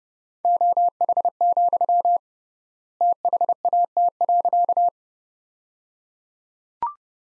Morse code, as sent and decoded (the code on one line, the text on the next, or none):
--- .... --..-- / - .... .- - .-.-.-
OH, THAT.